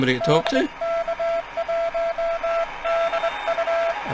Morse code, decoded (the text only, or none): DK1DU